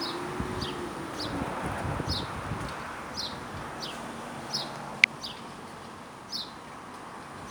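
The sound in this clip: House sparrow calling with short, thin descending chirps repeated irregularly, a little under a second apart, over soft rustling and a low rumble at the start.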